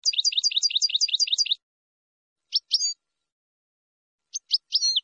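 Finch song: a rapid, regular series of high chirps for about one and a half seconds, then two separate short chirp-and-whistle phrases after pauses.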